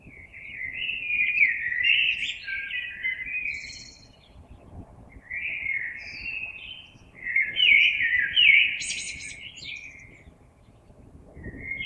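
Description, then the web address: Common blackbird singing rich fluted phrases every few seconds, some closing with high twittery flourishes, over a soft rumbling background. Recorded 26 April 2022. "oiseaux Merle 2022 04 26"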